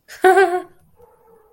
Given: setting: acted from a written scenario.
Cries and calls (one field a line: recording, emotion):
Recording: vocal sound without words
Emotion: amusement